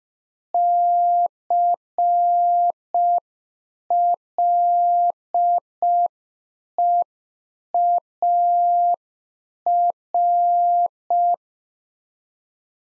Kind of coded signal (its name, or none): Morse code